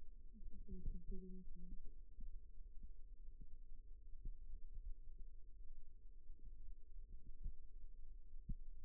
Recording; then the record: forearm muscle sounds (acoustic myography)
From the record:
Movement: rest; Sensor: system 2, bracelet of six BSWA MPA416 microphones around the upper forearm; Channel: 2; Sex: male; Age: 22 years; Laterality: right